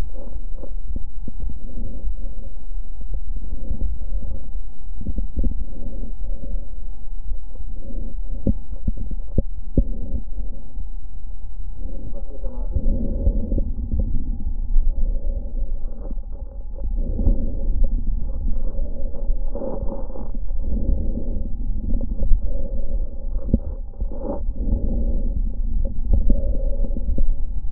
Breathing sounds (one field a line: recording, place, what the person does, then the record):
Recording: lung sounds by stethoscope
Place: left anterior apical chest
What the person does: quiet breathing, then deep breathing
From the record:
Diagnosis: COPD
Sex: female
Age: 68 years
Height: 150 cm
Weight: 70 kg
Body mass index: 31.1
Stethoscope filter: diaphragm mode